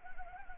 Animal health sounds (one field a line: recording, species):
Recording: mosquito wingbeat signal from an infrared sensor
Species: Anopheles gambiae